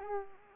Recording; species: mosquito wingbeat signal from an infrared sensor; Culex pipiens